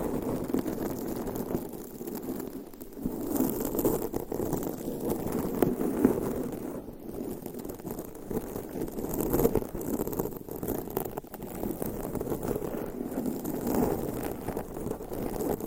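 Fingernails scratch across a microphone in a dense, continuous rasp with no clear pauses. The scraping sits mostly in the low-middle range, with brighter crackly edges that flare and fade every second or so as the strokes shift.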